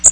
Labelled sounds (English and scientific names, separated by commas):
Blackburnian Warbler (Setophaga fusca) flight call